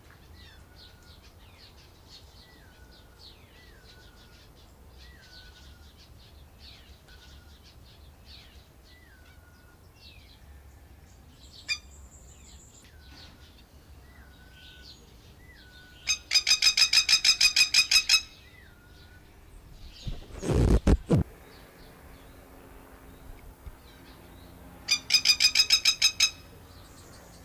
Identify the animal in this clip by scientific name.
Vanellus miles